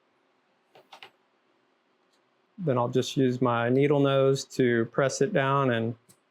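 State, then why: Not seated. A small wire connector is handled with needle-nose pliers over its port on a drone flight board, with a few faint ticks around 0.8–1.0 s, followed by someone talking from about 2.6 s onward. Nothing has seated or clicked yet.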